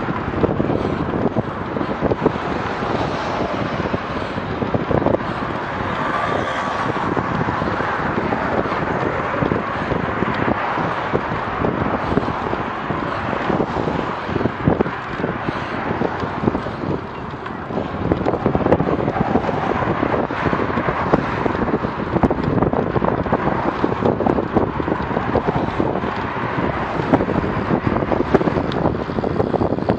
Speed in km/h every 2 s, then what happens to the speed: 24, 24, 23, 23, 23, 23, 24, 24, 25, 25, 26, 26, 27, 28, 28.
0-30 steady at about 24.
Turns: none.